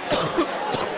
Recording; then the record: coughing mixed with background sound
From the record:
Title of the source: Coughing 79